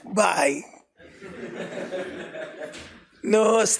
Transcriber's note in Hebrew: צחוק בקהל